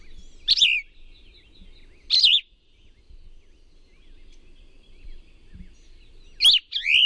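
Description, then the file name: Plumbeous vireo song, short slurred burry phrases that fall in pitch, two given a couple of seconds apart, then a pair close together at the end, over faint background noise. "PLVI song"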